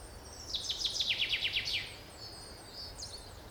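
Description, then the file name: Common chaffinch singing one phrase of rapidly repeated down-slurred notes, followed by a few faint high calls. "Fringilla coelebs"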